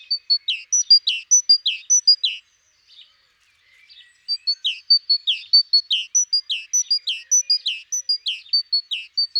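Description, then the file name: Great tit calls: brisk repeated high notes paired with lower falling chips, a silent gap of about two seconds, then a longer run of the same rapid notes. "Parus major"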